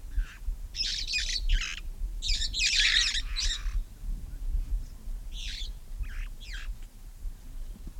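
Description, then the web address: Red-fronted parrot calling in rapid bursts of rasping, shrill squawks, loudest in the first half, followed by a few thinner screeches, with low rumbling noise beneath. "parrots poicephalus-gulielmi"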